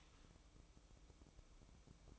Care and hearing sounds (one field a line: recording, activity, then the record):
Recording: daily activity, microphone in the room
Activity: start toaster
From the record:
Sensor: 1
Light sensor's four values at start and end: 7/17/7/7 and 7/17/7/7